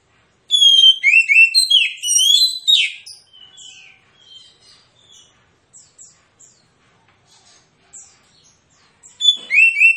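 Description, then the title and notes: Oriental magpie-robin gives a rich burst of varied whistles, then soft scattered notes, before a fresh loud whistled phrase starts near the end. Magpie-robin song in fighting mode, persistent with full 'tembakan' bursts, used as therapy to make lazy, silent magpie-robins sing and fight within minutes. "Kacer Langsung Tarung Konslet KACER NGOTOT FULL TEMBAKAN. Kicau Kacer santaiterapi Kacer males bunyi. Kacer 1"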